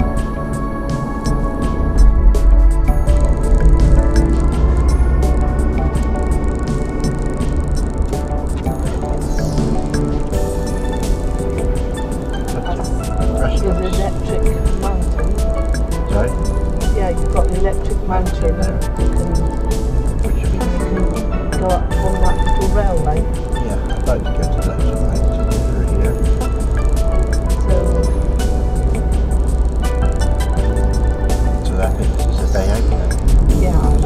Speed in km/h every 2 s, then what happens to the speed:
39, 40, 45, 48, 50, 50, 50, 50, 48, 47, 47, 45, 44, 44, 44, 50, 52.
0-8 speeds up to 50. 8-28 steady at about 47. 28-34 speeds up to 52.